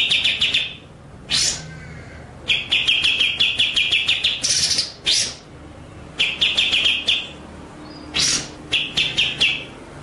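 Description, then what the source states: White-rumped shama singing rapid stuttering trills broken by loud, rasping high bursts, with short pauses between phrases. Masteran training track of murai batu song, described as full ngerol (rolling) and nembak (shooting) style.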